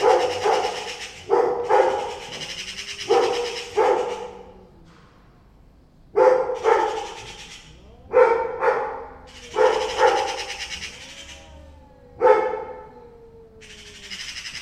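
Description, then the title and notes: Dog barking repeatedly in short clusters, with thin drawn-out wavering tones between barks. Dog showing concern. "2 cats, 2 magpies and a dog. Two cats meowing each other and two magpies and a dog concern about them"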